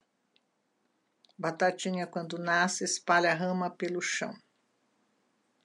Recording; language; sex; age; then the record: short text; Brazilian Portuguese; female; 70 to 79 years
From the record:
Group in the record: control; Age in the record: 73 years